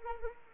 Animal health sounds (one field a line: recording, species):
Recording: mosquito wingbeat signal from an infrared sensor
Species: Anopheles arabiensis